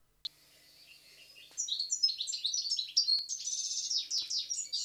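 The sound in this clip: European goldfinch song: a fast, tinkling jumble of high twittering and liquid trilled notes, following a brief click and continuing to the end.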